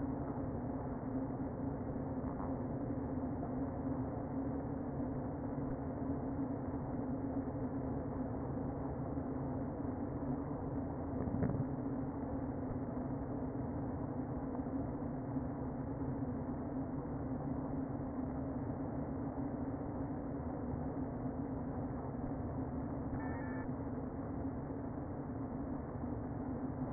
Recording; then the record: honeybee colony, microphone inside the hive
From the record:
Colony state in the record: queen present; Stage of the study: before two queens were removed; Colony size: about 60,000 bees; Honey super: yes